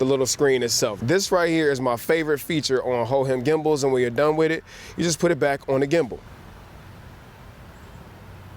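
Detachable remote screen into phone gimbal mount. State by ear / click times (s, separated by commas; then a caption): not seated / none. A man talks for about six seconds while handling the small detachable remote control screen of a Hohem iSteady V3 Ultra phone gimbal, which is about to go back onto the gimbal's mount. The talk ends and low, steady background noise remains until the end. The screen has not yet seated or clicked into place.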